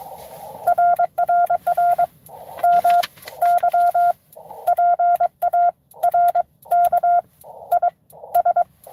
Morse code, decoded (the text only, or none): RRR MY PARK IS